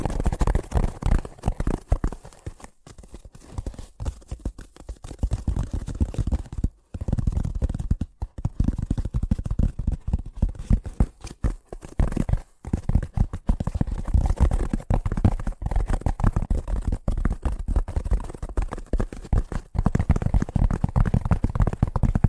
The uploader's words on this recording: ASMR Braingasm Inducing Fast Tapping (No Talking).